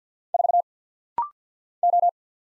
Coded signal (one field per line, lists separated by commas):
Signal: Morse code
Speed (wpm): 50 wpm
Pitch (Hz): 700 Hz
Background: none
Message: 4 O